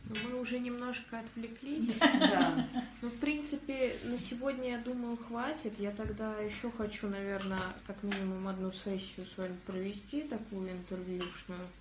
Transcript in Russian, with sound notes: Мы уже немножко отвлеклись. [смеются] В принципе, на сегодня, я думаю, хватит. Я тогда еще хочу, наверное, как минимум одну сессию с вами провести, такую интервьюшную.